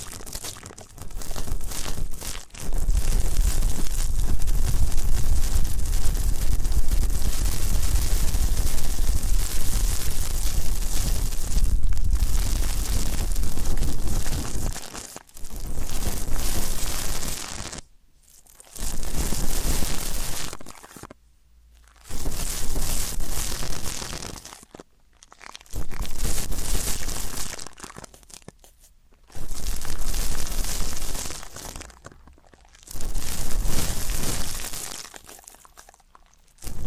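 Deep ear canal and eardrum cleaning sounds: a dense, rough scratching and crinkling that runs almost unbroken from about 2 to 15 seconds. After that it breaks into short bursts of rustling, each a couple of seconds long, separated by sudden silences.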